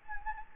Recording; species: mosquito wingbeat signal from an infrared sensor; Anopheles gambiae